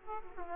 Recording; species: mosquito wingbeat signal from an infrared sensor; Aedes aegypti